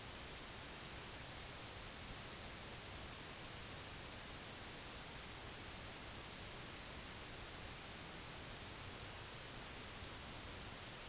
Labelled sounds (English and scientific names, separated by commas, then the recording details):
none
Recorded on Arctic tundra, site IGLO-D, on 17 June 2018
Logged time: 00:00